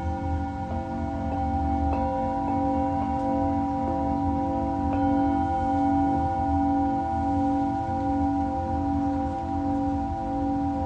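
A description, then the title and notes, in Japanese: A Tibetan singing bowl rings with a sustained, shimmering tone layered with steady overtones that hold for the whole eleven seconds. A deep, slowly pulsing hum sits underneath, and faint new strikes brighten the sound near two and five seconds. 真夜中のシンギングボウルのサウンドヒーリング。チベタンシンギングボウルのサウンドヒーリングLiveのアーカイブです。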